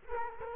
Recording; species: mosquito wingbeat signal from an infrared sensor; Culex quinquefasciatus